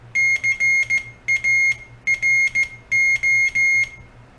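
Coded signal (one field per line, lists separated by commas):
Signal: Morse code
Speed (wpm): 14 wpm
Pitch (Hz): 2150 Hz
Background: none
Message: CARO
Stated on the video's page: CW practice oscillator (model CW-TR2) keyed with a bug-type semi-automatic key.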